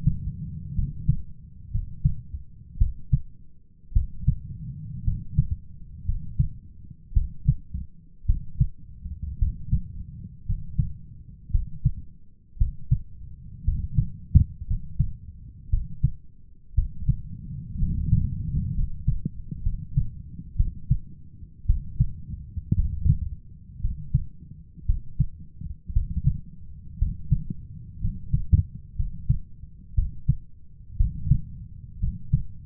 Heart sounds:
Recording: heart sounds by stethoscope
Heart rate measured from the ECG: 58 bpm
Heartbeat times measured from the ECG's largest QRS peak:
0.74 s: heartbeat
1.70 s: heartbeat
2.77 s: heartbeat
3.92 s: heartbeat
5.03 s: heartbeat
6.04 s: heartbeat
7.13 s: heartbeat
8.25 s: heartbeat
9.38 s: heartbeat
10.45 s: heartbeat
11.50 s: heartbeat
12.57 s: heartbeat
13.63 s: heartbeat
14.66 s: heartbeat
15.69 s: heartbeat
16.74 s: heartbeat
17.78 s: heartbeat
18.73 s: heartbeat
19.62 s: heartbeat
20.56 s: heartbeat
21.65 s: heartbeat
22.75 s: heartbeat
23.80 s: heartbeat
24.85 s: heartbeat
25.92 s: heartbeat
26.97 s: heartbeat
28.00 s: heartbeat
28.95 s: heartbeat
29.94 s: heartbeat
30.96 s: heartbeat
31.99 s: heartbeat
From the record:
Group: healthy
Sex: male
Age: 23 years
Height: 178 cm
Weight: 96.6 kg

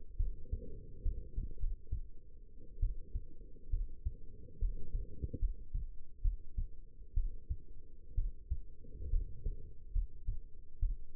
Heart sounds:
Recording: heart sounds by stethoscope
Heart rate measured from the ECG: 68 bpm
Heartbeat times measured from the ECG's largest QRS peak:
0.17 s: heartbeat
1.02 s: heartbeat
1.59 s: heartbeat
2.80 s: heartbeat
3.70 s: heartbeat
4.59 s: heartbeat
5.39 s: heartbeat
6.22 s: heartbeat
7.14 s: heartbeat
8.15 s: heartbeat
9.10 s: heartbeat
9.92 s: heartbeat
10.79 s: heartbeat
From the record:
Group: healthy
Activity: rest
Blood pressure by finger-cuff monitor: 140/84 mmHg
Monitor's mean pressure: 101 mmHg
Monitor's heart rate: 67 bpm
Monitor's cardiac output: 6.1 L/min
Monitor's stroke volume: 87 mL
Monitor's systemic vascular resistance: 1220 dyn s/cm5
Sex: female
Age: 22 years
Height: 171 cm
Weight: 65.6 kg

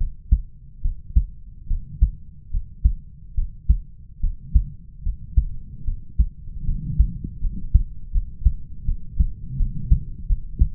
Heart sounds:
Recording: heart sounds by stethoscope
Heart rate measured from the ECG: 76 bpm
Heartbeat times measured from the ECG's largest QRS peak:
0.81 s: heartbeat
1.67 s: heartbeat
2.50 s: heartbeat
3.34 s: heartbeat
4.20 s: heartbeat
5.02 s: heartbeat
5.84 s: heartbeat
6.65 s: heartbeat
7.40 s: heartbeat
8.11 s: heartbeat
8.85 s: heartbeat
9.56 s: heartbeat
10.26 s: heartbeat
From the record:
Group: healthy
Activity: rest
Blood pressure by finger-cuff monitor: 91/71 mmHg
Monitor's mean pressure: 77 mmHg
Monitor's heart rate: 73 bpm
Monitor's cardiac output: 4.9 L/min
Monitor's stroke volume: 68 mL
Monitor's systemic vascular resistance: 1130 dyn s/cm5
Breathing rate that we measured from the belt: 21 breaths a minute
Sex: male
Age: 20 years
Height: 187 cm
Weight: 68.9 kg

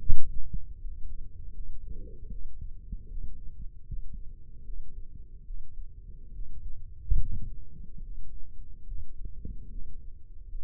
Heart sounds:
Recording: heart sounds by microphone in the left ear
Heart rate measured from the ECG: 75 bpm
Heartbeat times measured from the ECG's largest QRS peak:
0.03 s: heartbeat
0.79 s: heartbeat
1.53 s: heartbeat
2.29 s: heartbeat
3.07 s: heartbeat
3.85 s: heartbeat
4.63 s: heartbeat
5.44 s: heartbeat
6.32 s: heartbeat
7.18 s: heartbeat
8.01 s: heartbeat
8.86 s: heartbeat
9.69 s: heartbeat
10.47 s: heartbeat
From the record:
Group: healthy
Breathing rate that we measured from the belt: 18 breaths a minute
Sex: male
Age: 35 years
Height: 178 cm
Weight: 64 kg

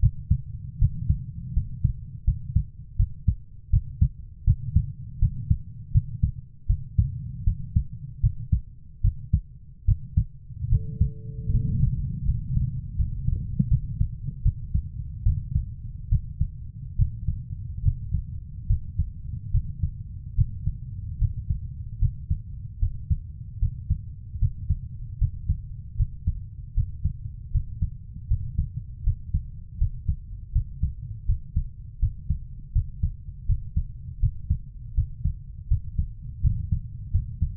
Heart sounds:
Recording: heart sounds by stethoscope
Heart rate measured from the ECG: 78 bpm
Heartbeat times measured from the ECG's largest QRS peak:
0.79 s: heartbeat
1.54 s: heartbeat
2.25 s: heartbeat
2.97 s: heartbeat
3.70 s: heartbeat
4.45 s: heartbeat
5.19 s: heartbeat
5.92 s: heartbeat
6.67 s: heartbeat
7.44 s: heartbeat
8.21 s: heartbeat
9.01 s: heartbeat
9.85 s: heartbeat
10.69 s: heartbeat
11.51 s: heartbeat
12.25 s: heartbeat
12.96 s: heartbeat
13.68 s: heartbeat
14.42 s: heartbeat
15.23 s: heartbeat
16.09 s: heartbeat
16.96 s: heartbeat
17.82 s: heartbeat
18.67 s: heartbeat
19.51 s: heartbeat
20.35 s: heartbeat
21.18 s: heartbeat
21.99 s: heartbeat
22.79 s: heartbeat
23.59 s: heartbeat
24.39 s: heartbeat
25.18 s: heartbeat
25.96 s: heartbeat
26.74 s: heartbeat
27.51 s: heartbeat
28.28 s: heartbeat
29.03 s: heartbeat
29.78 s: heartbeat
30.52 s: heartbeat
31.26 s: heartbeat
31.99 s: heartbeat
32.72 s: heartbeat
33.46 s: heartbeat
34.20 s: heartbeat
34.94 s: heartbeat
35.68 s: heartbeat
36.41 s: heartbeat
37.11 s: heartbeat
From the record:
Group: healthy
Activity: rest 0-13 s, Valsalva maneuver 13-38 s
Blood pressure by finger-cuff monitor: 128/80 mmHg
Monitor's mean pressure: 94 mmHg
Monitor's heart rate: 77 bpm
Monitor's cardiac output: 6 L/min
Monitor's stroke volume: 80 mL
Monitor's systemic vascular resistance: 1160 dyn s/cm5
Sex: female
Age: 24 years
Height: 163 cm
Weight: 55.7 kg

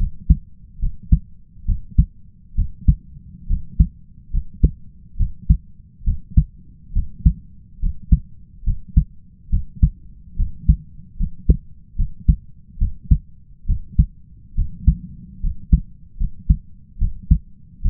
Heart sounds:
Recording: heart sounds by stethoscope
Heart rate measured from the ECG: 70 bpm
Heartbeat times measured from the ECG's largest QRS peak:
0.79 s: heartbeat
1.65 s: heartbeat
2.55 s: heartbeat
3.47 s: heartbeat
4.30 s: heartbeat
5.17 s: heartbeat
6.04 s: heartbeat
6.93 s: heartbeat
7.79 s: heartbeat
8.64 s: heartbeat
9.50 s: heartbeat
10.36 s: heartbeat
11.17 s: heartbeat
11.96 s: heartbeat
12.78 s: heartbeat
13.66 s: heartbeat
14.55 s: heartbeat
15.40 s: heartbeat
16.17 s: heartbeat
16.98 s: heartbeat
17.82 s: heartbeat
From the record:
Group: healthy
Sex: male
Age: 20 years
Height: 167 cm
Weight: 61 kg

